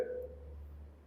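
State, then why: Not seated. A revolver cylinder is gently swung toward the frame to close it rather than slammed shut. A brief onset at the start leaves a faint ringing tone that fades over a steady low hum, and no one talks. Nothing has seated or clicked yet; the cylinder has not latched.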